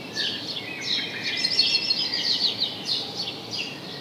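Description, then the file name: House sparrow chirps, a dense run of bright notes over a steady background hiss. "Passer domesticus"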